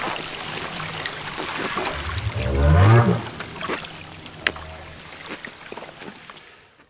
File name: north right